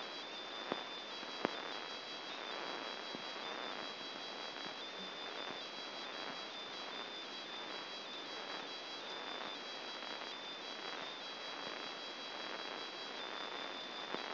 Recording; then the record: brain microelectrode recording played as sound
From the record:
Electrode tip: outside the subthalamic nucleus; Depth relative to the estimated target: 4 mm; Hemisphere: left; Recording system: AlphaMap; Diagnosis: Parkinson's disease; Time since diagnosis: 11 years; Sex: male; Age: 50 years